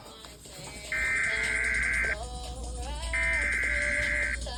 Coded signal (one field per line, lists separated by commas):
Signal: Emergency Alert System (SAME) tones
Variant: header bursts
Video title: FFC Flash Flood Warning on WSVH FM and WAEV FM - EAS #238 #noaaweatherradio